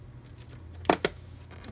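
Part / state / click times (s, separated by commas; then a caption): RAM memory module into motherboard DIMM slot / seated / 0.9 s, 1.1 s. A RAM memory module is pushed down into a motherboard DIMM slot with a thumb on each side. Over a quiet background with a few faint ticks, two sharp, loud clicks sound at 0.9 s and 1.1 s as the retention latches close. The module is seated in the slot.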